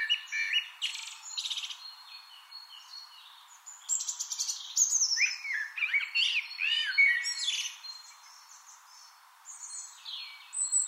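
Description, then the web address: Eurasian blackbird song: busy high twittering at first, then looping mellow warbles mixed with squeaky flourishes, ending in scattered thin chirps. "SETE data Turdus merula"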